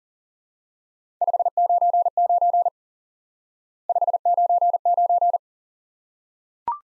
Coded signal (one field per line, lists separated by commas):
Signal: Morse code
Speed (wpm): 37 wpm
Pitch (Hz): 700 Hz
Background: none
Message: 599 599